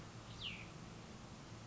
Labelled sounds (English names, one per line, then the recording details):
Cassin's Vireo
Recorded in Sonoma County, California